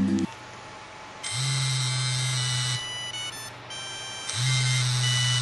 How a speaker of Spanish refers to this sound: Vamos a mostrar cuál es el efecto vibrador del que hablábamos tapando el microfonito del celular.